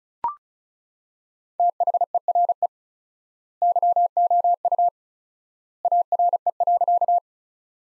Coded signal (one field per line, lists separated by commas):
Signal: Morse code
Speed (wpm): 34 wpm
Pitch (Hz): 700 Hz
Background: none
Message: THERE YOU ARE.